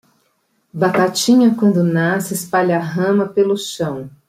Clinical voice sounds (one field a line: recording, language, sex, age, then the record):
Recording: short text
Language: Brazilian Portuguese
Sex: female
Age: 50 to 59 years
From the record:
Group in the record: control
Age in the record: 57 years